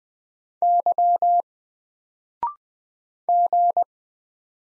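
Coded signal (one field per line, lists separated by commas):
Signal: Morse code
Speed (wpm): 20 wpm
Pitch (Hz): 700 Hz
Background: none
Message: Y G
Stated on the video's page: Morse code drill of single letters at 20 wpm, each letter sent, then spoken after a 0.6 second pause, then sent again.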